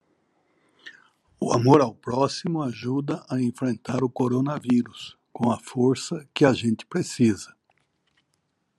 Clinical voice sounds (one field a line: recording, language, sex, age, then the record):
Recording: spoken sentence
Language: Brazilian Portuguese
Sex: male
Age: 60 to 69 years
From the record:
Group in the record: control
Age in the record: 64 years